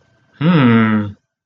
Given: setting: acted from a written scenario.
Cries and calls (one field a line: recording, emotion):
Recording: vocal sound without words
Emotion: interest